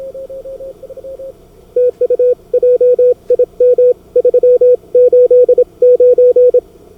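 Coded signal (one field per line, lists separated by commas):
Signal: Morse code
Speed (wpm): 26 wpm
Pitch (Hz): 2500 Hz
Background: none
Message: TU JIM 389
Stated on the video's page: CW Operators Club weekly CWT mini contest on 80, 40 and 20 m, single-op high power, operated at slow (QRS) and fast (QRQ) speeds.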